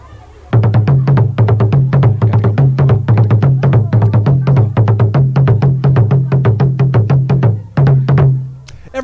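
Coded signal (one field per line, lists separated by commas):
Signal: talking drum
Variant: Akan (Twi), two drums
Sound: fast repeated strokes on a high and a low drum, a phrase played over and over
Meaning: Everyone should come back to class; recess is over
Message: Kɔtɔkɔ mommra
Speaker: Now he's going to drum that phrase, that kɔtɔkɔ mommra, kɔtɔkɔ mommra, kɔtɔkɔ mommra, on his two drums, the low, low, low, high, high, low. Listen, it's pretty fast.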